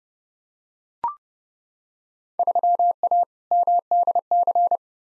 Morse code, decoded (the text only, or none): 3A MDC